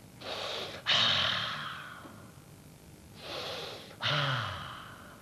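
Two heavy snorting breaths, each a rushing inhale followed by a loud, rough exhale through the nose with a low rumbling rasp, separated by a pause of quiet.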